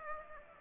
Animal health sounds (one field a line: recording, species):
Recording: mosquito wingbeat signal from an infrared sensor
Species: Aedes aegypti